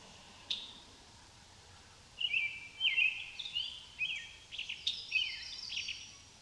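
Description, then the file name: Common blackbird singing mellow, fluted warbling phrases that rise and fall, followed by a higher, squeakier twittering ending, over faint background noise. Recorded in countryside. "Amos Pond Blackbirds"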